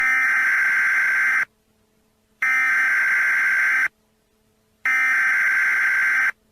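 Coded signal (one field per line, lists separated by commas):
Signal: Emergency Alert System (SAME) tones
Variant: header bursts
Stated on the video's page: Emergency Alert System alert, stated as not a test.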